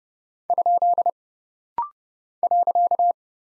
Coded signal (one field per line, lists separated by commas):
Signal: Morse code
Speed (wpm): 30 wpm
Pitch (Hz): 700 Hz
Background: none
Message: ? .